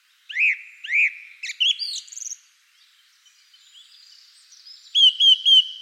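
Bird sounds opening with two arched, slurred whistles, then chirps, a quiet stretch, and a few quick notes to close.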